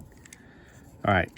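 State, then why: Seated. A part of a plastic Transformers Battletrap Rise of the Beast Core (Power Plus Series) action figure, though it is unclear exactly which part, is pushed into the figure's body while transforming it. Two sharp clicks at about 0.3 s and 0.3 s show it snapping into position, seated. Someone talks briefly near the end.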